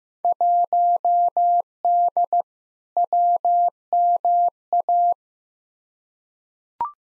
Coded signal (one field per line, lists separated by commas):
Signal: Morse code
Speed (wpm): 15 wpm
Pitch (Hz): 700 Hz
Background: none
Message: 1D WMA